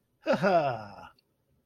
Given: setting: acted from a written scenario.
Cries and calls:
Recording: vocal sound without words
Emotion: triumph

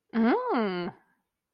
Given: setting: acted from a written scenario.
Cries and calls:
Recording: vocal sound without words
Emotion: interest

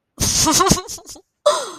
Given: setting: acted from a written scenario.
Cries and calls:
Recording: vocal sound without words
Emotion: amusement

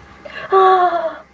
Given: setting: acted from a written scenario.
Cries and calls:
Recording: vocal sound without words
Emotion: fear

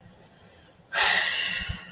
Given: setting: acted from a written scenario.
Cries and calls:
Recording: vocal sound without words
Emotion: relief

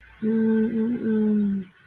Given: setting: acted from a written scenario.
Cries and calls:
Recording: vocal sound without words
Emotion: desire

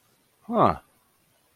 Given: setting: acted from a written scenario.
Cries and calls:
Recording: vocal sound without words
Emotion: interest

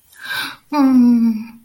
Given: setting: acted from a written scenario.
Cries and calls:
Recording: vocal sound without words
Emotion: sympathy

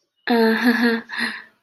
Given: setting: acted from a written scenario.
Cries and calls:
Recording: vocal sound without words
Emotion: embarrassment

